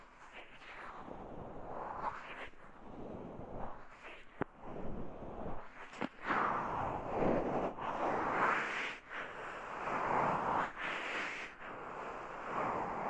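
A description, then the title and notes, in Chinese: Foam rubbed in an ear massage makes a dense, crackling rustle that swells and fades in slow waves. Brief dips break the rubbing every second or two, and a couple of sharp clicks pop out around four and six seconds. ASMR×KU100。泡沫感耳朵按摩 | Ear Massage。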